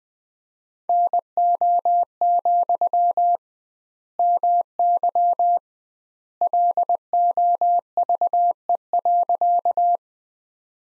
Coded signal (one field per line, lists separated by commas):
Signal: Morse code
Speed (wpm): 20 wpm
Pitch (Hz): 700 Hz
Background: none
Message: NO, MY LOVE.